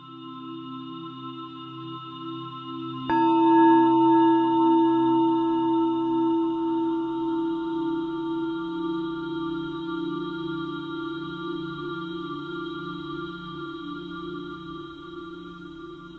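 A singing bowl is struck about three seconds in, its bright ringing tone swelling then sustaining steadily and slowly fading over a faint low hum.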